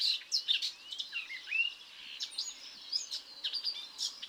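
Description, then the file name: Eurasian blackcap warbling, quick scratchy notes mixed with clear rising and falling whistled slides, over a faint hiss of background noise. "Sylvia atricapilla"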